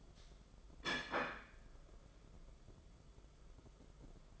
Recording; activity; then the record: daily activity, microphone in the room; place plate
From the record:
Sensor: 5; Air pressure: 994.5 hPa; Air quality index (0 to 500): 170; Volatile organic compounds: 581 ppm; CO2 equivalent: 4919 ppm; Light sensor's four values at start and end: 10/24/9/10 and 10/24/9/10